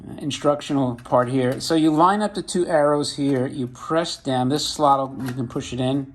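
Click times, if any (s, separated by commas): none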